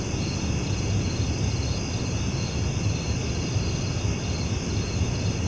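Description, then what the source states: Cricket chorus, an unbroken high trilling drone, sits beneath heavy low-pitched background rumble for the whole stretch. Recorded at night.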